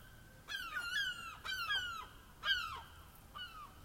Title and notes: Greeting 25: Gabriel. Sounds of gulls calling in an otherwise quiet atmosphere. I'm at the Blessington Basin in Dublin, having a coffee in the morning